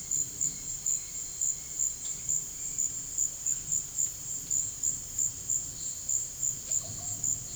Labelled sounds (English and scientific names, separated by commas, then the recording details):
Bright-rumped Attila (Attila spadiceus)
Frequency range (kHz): Bright-rumped Attila (Attila spadiceus) 1.7-3.0 kHz
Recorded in secondary vegetation near Puerto Asís, Putumayo, Colombia, on 19 February 2024 at 17:30
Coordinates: 0.481, -76.323
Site G6376